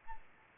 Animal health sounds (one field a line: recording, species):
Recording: mosquito wingbeat signal from an infrared sensor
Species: Aedes albopictus